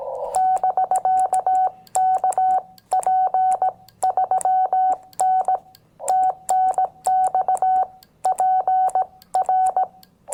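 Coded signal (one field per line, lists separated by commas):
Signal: Morse code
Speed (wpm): 18 wpm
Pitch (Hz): 750 Hz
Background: none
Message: <BK> KP3N TNX PR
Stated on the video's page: 5 W QRP CW Parks on the Air activation from a Xiegu X6100 with an MFJ-1898 telescoping antenna, with cicadas audible.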